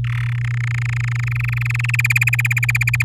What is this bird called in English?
Domestic Canary